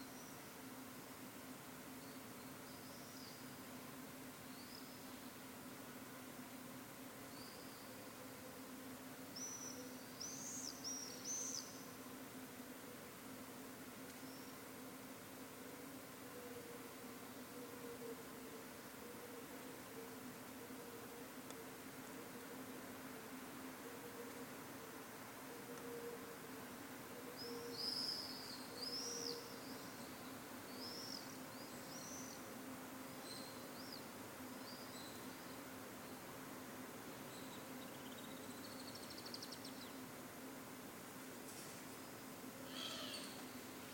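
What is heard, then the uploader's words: A morning city scene with a steady low hum of machinery or traffic running throughout. Small birds chirp brightly in short bursts, mostly around ten seconds and again between twenty-seven and thirty-five seconds, over a faint wash of street noise. Morning, San Gervasi. Stick phone out window at 6 AM.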